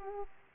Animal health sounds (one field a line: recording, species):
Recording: mosquito wingbeat signal from an infrared sensor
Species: Aedes aegypti